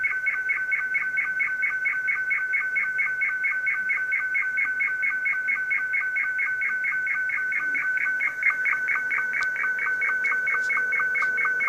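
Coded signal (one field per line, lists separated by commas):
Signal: SSTV (slow-scan television)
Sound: steady warbling high tones with regular short lower blips about four per second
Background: radio static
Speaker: taking it up through the AM radio Deluxe software the VSS TV module and sending it out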